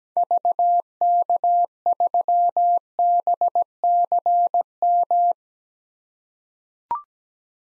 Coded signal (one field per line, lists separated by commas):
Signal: Morse code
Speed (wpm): 17 wpm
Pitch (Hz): 700 Hz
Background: none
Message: VK3BCM